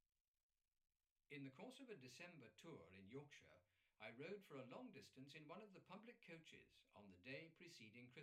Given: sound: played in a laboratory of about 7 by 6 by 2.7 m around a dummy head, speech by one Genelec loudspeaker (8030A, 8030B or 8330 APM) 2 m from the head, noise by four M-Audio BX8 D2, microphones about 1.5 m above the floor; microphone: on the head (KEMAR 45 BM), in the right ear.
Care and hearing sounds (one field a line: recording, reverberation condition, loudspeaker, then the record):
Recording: male speech in English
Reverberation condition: low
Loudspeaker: in front (0 degrees)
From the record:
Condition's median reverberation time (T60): about 310 ms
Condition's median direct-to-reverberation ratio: about 3.5 dB